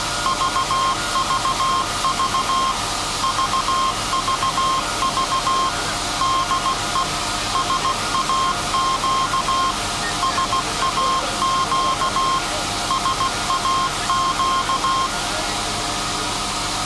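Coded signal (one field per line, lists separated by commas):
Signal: Morse code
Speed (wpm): 16 wpm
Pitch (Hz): 1060 Hz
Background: none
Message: VVV VVV DE SAQ SAQ SAQ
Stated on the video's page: SAQ Grimeton Alexanderson alternator transmission on Alexanderson Day, message sent after alternator startup and tuning.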